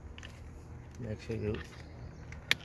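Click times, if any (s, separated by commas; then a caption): 2.5 s. On a Toyota Avensis, during a side mirror replacement, the wiring connector for the power window (door glass) switch is pushed all the way into the switch on the door trim panel while someone talks. A single sharp click sounds at 2.5 s, and the connector is seated.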